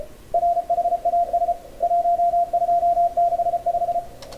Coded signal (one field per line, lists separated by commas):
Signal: Morse code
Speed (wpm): 33 wpm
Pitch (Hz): 690 Hz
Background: radio noise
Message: RHAS 1265